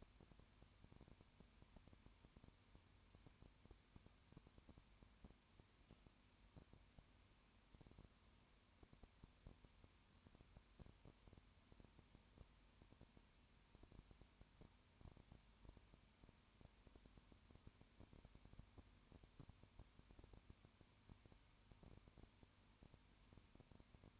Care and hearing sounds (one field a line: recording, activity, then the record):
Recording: daily activity, microphone in the room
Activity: no activity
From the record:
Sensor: 2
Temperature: 20.8 degrees Celsius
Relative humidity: 38.3%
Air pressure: 1010.4 hPa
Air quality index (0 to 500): 200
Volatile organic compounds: 19 ppm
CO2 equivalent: 2655 ppm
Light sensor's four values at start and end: 2/3/2/2 and 2/3/2/2